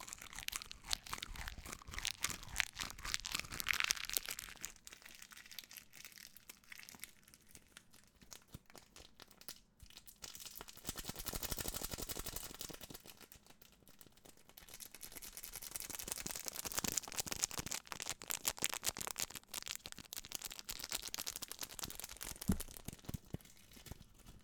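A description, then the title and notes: Wrappers rustle and crinkle in dense, crackly bursts of bright, papery noise, with busy stretches at the start, around 11 seconds, and from 15 seconds on. A quieter lull near 8 to 10 seconds leaves only soft, sparse crackles. Crunchy Wrapper. The gentle rustle and crinkle of wrappers.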